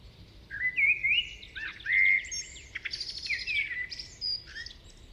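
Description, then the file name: Common blackbird with a rich, continuous run of fluty warbled notes mixed with squeaky high notes. "Turdus merula"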